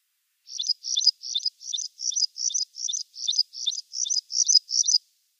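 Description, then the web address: Graceful prinia singing a steady series of twelve short, high chirping double notes, evenly spaced about three per second, with silence behind. "Schulze Peter Graceful Prinia song"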